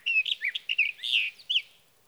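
Sage thrasher song, a rapid jumble of warbled and slurred notes with quick pitch changes, continuous for under two seconds.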